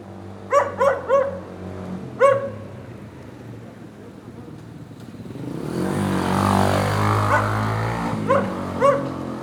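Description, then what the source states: Dog barking, four sharp barks early on, then a loud rumbling swell over which three more barks sound near the end. Lone dog in the rain during a thunderstorm at 9a. Avenida 414, Quezaltenango, Guatemala; storm ambience.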